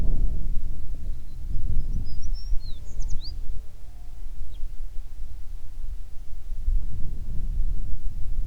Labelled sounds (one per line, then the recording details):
songbird
wind
insects
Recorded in the Prudhoe Bay oil fields, Alaska, on 9 June 2019 at 16:18
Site 21